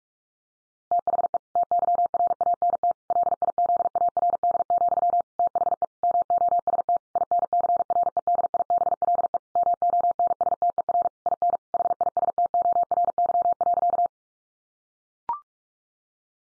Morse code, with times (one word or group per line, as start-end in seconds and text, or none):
0.9-1.4 THE
1.6-2.9 TYRANT
3.1-5.2 LIZARD,
5.4-5.8 THE
6.0-7.0 MOST
7.2-9.4 INCREDIBLE
9.6-11.1 MONSTER
11.3-11.6 IN
11.7-14.1 HISTORY.